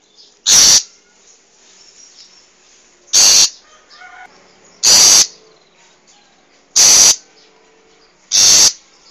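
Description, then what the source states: Long-tailed shrike repeating harsh, scratchy notes at uneven intervals of about two seconds. Wild bird; recording used as a tutor for training cage birds.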